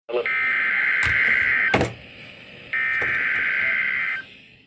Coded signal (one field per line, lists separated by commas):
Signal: Emergency Alert System (SAME) tones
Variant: header bursts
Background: speech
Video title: Moooorrreeeeeee. Severe Thunderstorm Warning EAS#27